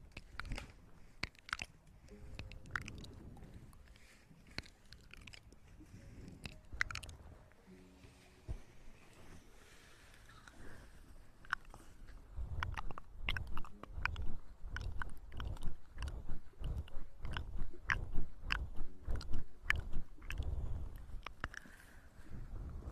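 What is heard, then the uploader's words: Ear eating and ear massage sounds: wet clicks, mouth smacks and crackly rubbing, sparse early, then denser and louder after about twelve seconds. Maid Ear Eating & Ear Massage.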